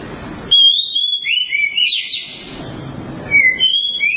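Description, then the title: Oriental magpie-robin song of sweet whistled notes, first level and then stepping up and down in a warbling run, with faint rumbling background noise. Long-duration song. "Kacer Durasi Panjang"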